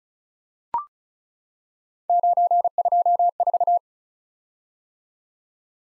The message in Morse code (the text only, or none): 924